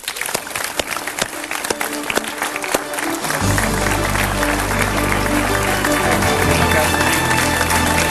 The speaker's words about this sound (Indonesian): Kita berikan tepuk tangan yang paling meriah untuk Pak Mario Teguh.